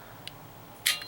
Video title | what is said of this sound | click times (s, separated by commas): Toy Spot - Super Impulse Toys RBS Rubber Band System Rubber Band Guns EOS and Proteus | sure you hear that lock sound that lock sound is very important | 0.9 s